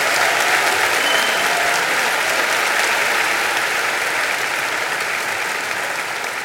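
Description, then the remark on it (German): A large audience in Dresden applauds steadily for a man being introduced, a dense, even wash of clapping that holds at full strength for several seconds and fades only slightly at the end. “Geben Sie ihm mal einen riesen Applaus.”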